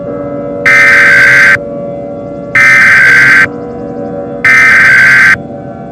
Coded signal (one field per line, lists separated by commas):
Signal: Emergency Alert System (SAME) tones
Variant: header bursts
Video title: EAS Scenario: Damaged